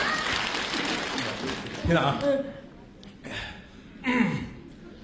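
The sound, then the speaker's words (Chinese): An audience claps in a dense, steady burst of applause for about two seconds, then it fades and a man's voice speaks briefly, thanking them for the applause, over a quieter background. “没有掌声唱不出来。谢谢啊”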